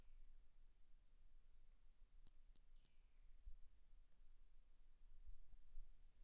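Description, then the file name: Hermogenes' toadlet giving a rapid trio of very high, short chirps, then quiet. Individual 03, recorded at Boraceia on 30 March 2019. "MHNCI Brachy hermogenesi ind 03 Boraceia 30 marco 2019 MRB"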